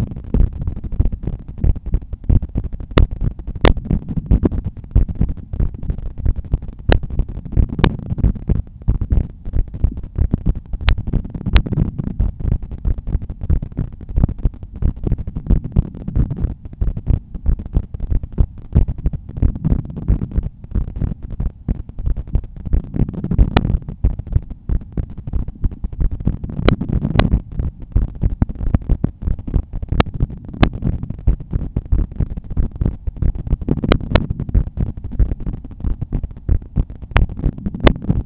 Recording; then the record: heart sounds by stethoscope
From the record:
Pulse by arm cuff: 89 bpm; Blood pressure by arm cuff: 130/79 mmHg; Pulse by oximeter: 90 bpm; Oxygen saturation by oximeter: 96%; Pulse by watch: 90 bpm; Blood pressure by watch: 114/76 mmHg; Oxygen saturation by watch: 96%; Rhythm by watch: sinus rhythm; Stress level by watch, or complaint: low stress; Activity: after 5 min smoking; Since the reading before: plus 2700 steps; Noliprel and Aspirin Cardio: after pills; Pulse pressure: 51 mmHg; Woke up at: 6:50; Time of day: 20:10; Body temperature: 36.9 C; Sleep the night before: 8 h 16 min, score 66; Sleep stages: REM 20%, light 64%, deep 6%, awake 10%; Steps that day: 6850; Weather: rain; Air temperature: 18.3 C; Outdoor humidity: 89%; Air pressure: 1009 hPa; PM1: 1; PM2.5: 2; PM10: 2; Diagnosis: hypertension, treated with Noliprel and Aspirin Cardio 100 mg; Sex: male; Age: 53 years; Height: 174 cm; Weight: 81 kg